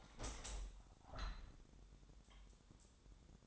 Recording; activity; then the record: daily activity, microphone in the room; open window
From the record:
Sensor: 3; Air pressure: 1000.5 hPa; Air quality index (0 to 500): 144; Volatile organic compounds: 2 ppm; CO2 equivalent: 1249 ppm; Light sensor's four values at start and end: 13/34/13/15 and 13/34/13/15